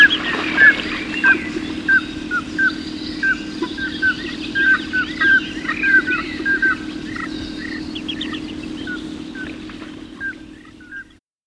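Birds giving a steady series of quick whistled chirps over a continuous low hum that stops near the end.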